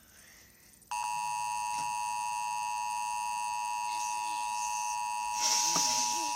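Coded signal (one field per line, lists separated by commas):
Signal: Emergency Alert System (SAME) tones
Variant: 853 and 960 Hz attention tone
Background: speech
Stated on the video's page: EAS winter storm alert.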